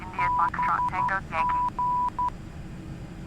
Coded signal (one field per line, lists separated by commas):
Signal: Morse code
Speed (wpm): 12 wpm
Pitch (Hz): 990 Hz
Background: speech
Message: BG